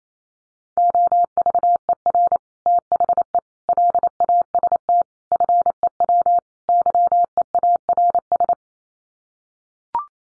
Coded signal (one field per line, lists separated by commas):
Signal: Morse code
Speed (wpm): 28 wpm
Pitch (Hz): 700 Hz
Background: none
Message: OVER THE LAST FEW YEARS